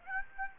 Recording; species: mosquito wingbeat signal from an infrared sensor; Aedes aegypti